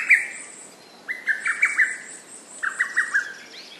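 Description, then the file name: Lesser cuckoo giving quick staccato phrases: a short opening note, then two phrases of five sharp notes about one and a half seconds apart. Recorded on 29 May 2007 at 11:30. "hototogisu"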